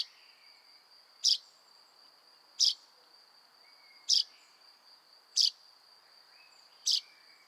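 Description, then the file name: Common chaffinch repeating a short, sharp call note five times over a steady high whining tone. "Fringilla coelebs"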